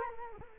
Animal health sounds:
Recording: mosquito wingbeat signal from an infrared sensor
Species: Culex quinquefasciatus

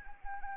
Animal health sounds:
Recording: mosquito wingbeat signal from an infrared sensor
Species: Anopheles arabiensis

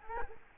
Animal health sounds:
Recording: mosquito wingbeat signal from an infrared sensor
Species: Culex quinquefasciatus

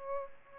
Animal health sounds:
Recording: mosquito wingbeat signal from an infrared sensor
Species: Aedes aegypti

